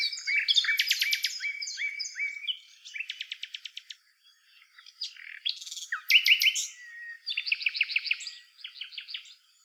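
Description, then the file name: Common nightingale singing loud, varied phrases: rapid buzzy bursts, evenly spaced repeated notes, a short silence, then a harsh rattle and a quick stuttering series. "Luscinia megarhynchos"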